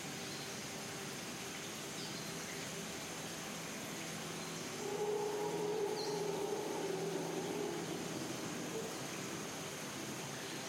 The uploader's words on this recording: Serene rainforest soundscapes and ambient music.